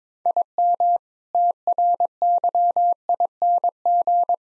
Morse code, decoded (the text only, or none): IM TRYING